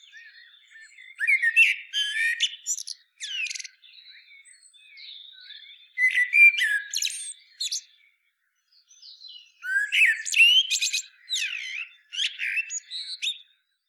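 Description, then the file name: Common blackbird singing three bursts of scratchy, high-pitched twittering chatter, with quieter stretches between them. "Turdus merula"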